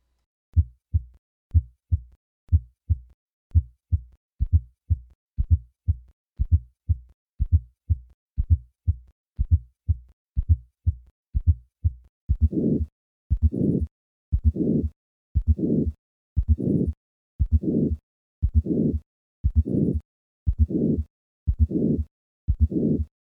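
Simulated adult heart at about 60 beats a minute. It begins with crisp normal first and second sounds. A soft fourth heart sound is then added just before the first sound, and then a coarse systolic murmur fills the gap between them. This is hypertrophic cardiomyopathy: a fourth heart sound from a stiff, thickened ventricle, with an outflow murmur.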